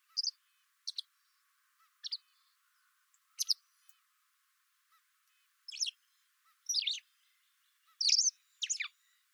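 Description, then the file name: White wagtail calls: high, clipped chips at irregular intervals, over a quiet background. "Motacilla alba"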